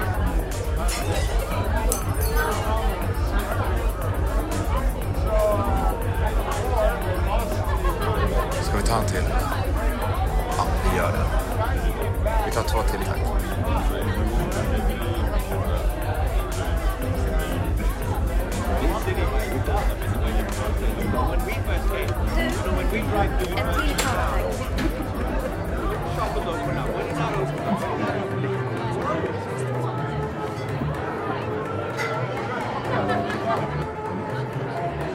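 Murmuring bar sounds: steady, dense chatter of many voices over a regular low beat that fades out around twenty-seven seconds.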